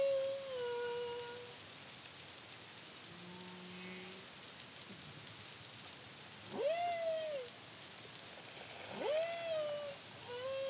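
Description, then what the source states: Humpback whale song: a sequence of varied tonal units, with falling whistle-like moans, low paired hums, then two sharply rising swoops that flatten out, amid constant background hiss. Caribbean, CARIMAM project, 2023.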